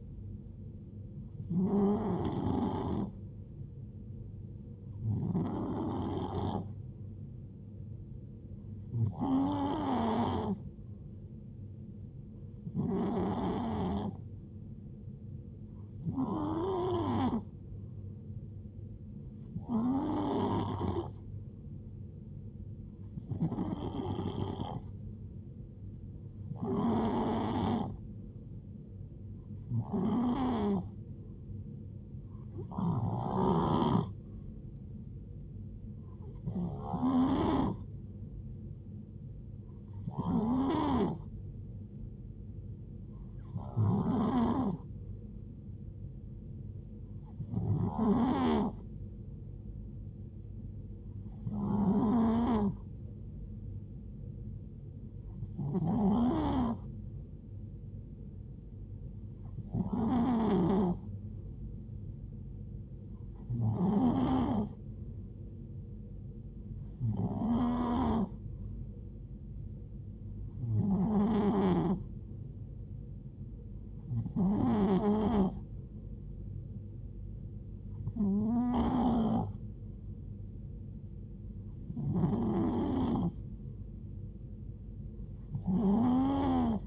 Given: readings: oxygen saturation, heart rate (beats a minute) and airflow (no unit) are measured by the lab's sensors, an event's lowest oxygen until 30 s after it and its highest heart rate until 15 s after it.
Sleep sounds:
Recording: breathing in sleep by a smartphone at the bedside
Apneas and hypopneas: none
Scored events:
none scored
From the record:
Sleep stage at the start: N2 (light sleep)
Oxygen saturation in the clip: 90 to 93%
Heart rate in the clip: 63 to 75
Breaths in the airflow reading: 23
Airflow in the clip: -4.7 to 3.7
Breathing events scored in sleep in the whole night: 389 in 6.3 hours asleep

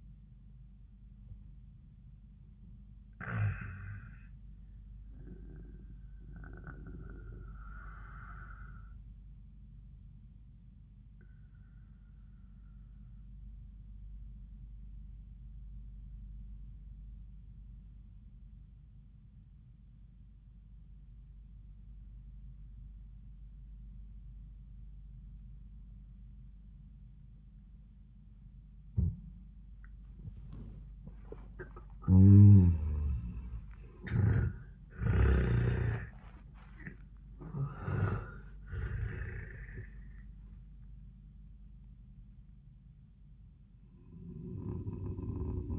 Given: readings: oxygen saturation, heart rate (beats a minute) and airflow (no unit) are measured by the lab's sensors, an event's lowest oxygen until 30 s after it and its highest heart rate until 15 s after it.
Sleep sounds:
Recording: breathing in sleep by a smartphone at the bedside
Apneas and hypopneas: 1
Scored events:
7.00-30.20 s: obstructive apnea (N1, oxygen 97% highest, then 77% lowest, heart rate 95 at the start, 95 highest)
From the record:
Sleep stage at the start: N1 (lightest sleep)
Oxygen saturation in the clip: 75 to 97%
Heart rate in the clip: 78 to 95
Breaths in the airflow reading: 4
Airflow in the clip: -17.3 to 26.2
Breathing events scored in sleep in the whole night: 400 in 8.7 hours asleep

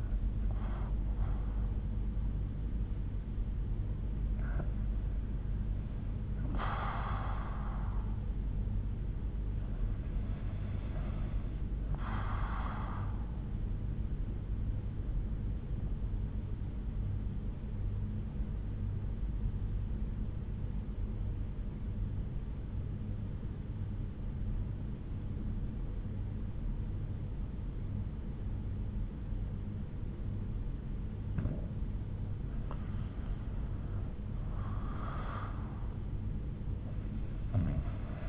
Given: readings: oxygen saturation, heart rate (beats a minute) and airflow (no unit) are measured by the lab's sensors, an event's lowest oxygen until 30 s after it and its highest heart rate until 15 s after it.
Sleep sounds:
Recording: breathing in sleep by a smartphone at the bedside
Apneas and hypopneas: 1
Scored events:
20.00-32.90 s: obstructive apnea (REM, oxygen 93% highest, then 84% lowest, heart rate 69 at the start, 81 highest)
From the record:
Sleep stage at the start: REM sleep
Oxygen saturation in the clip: 78 to 95%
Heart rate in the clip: 68 to 81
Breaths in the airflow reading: 4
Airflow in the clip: -8.0 to 8.7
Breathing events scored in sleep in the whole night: 368 in 8.0 hours asleep

